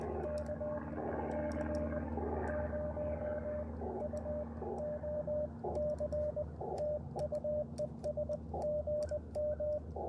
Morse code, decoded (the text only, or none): KC0UOC TU ES GM